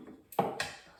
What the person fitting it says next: So, I heard it click. It's flipped the switch in there.